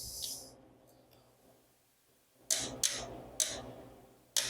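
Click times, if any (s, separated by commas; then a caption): 4.4 s. A torque wrench set to about 12 ft-lb tightens the already hand-tightened oil drain bolt on a CRF250R dirt bike engine. After a brief hiss at the start, sharp bright ticks come at about 2.5, 2.9 and 3.4 seconds as the wrench is worked. The wrench gives its loud release click at 4.4 seconds, confirming the bolt has reached the set torque.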